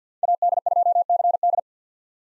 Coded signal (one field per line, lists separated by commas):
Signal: Morse code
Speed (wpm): 46 wpm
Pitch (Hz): 700 Hz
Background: none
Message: AD2CD